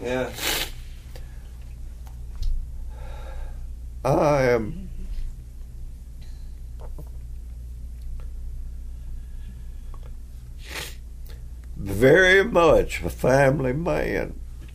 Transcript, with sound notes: Yeah.
I am (Resumes near-normal voice) very much a family man.